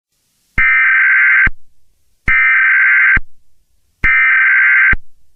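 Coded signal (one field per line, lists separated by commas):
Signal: Emergency Alert System (SAME) tones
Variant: header bursts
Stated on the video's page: Fictional scenario.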